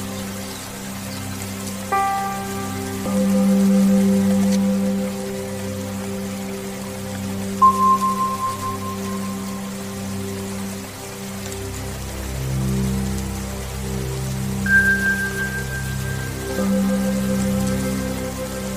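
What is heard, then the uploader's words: Soft meditation music of long, held tones and low drones plays over a steady hiss of rain. Bright chime-like notes ring out near 8 and 15 seconds, and from about 12 seconds a low rumble of distant thunder swells beneath. Rain sounds for sleeping thunder. Meditation music, soothing rain sounds, and distant thunder.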